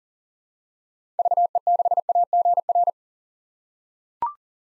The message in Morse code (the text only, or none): VE6AGR